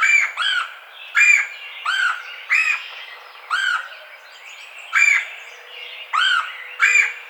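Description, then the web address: Red-bellied woodpecker calling in a series of rolling churrs at irregular intervals. Recorded 4 May 2009. "Red-bellied Woodpecker 2009 05 04"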